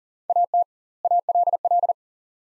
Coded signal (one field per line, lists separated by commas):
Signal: Morse code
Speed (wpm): 40 wpm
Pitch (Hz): 700 Hz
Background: none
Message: AT ALL